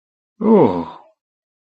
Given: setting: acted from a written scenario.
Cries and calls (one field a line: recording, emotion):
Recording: vocal sound without words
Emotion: interest